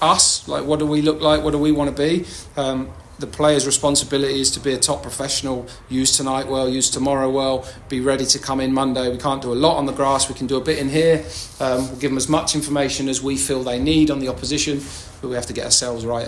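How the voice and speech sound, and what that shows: A man, a football club manager, speaks fluently after a match in a clear, steady mid-pitched voice about preparing his team for a quick turnaround between games, with normal pacing.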